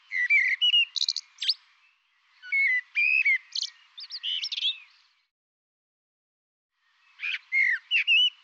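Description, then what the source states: Bird singing three lively bursts of whistled slurs and sharp chirps, the last one shorter, with silent gaps between phrases. Labelled 'Tu Me Tu Me'; 2025 dataset.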